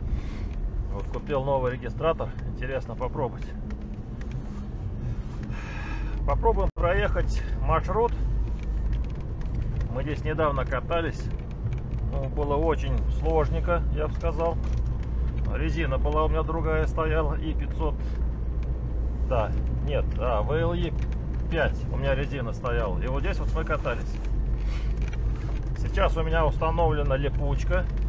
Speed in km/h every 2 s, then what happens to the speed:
8, 8, 8, 9, 9, 10, 10, 12, 11, 11, 12, 11, 12, 11.
0-28 steady at about 10.